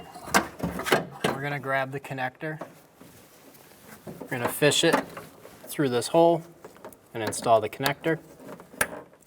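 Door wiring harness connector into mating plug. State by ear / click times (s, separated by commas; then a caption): seated / 8.8 s. On a 2007–2011 Toyota Camry front door, during a window regulator replacement, a door wiring harness connector is fished through a hole at the speaker cutout and pushed into its mating plug while someone talks. A sharp click at 8.8 s marks the connector seating and locking in.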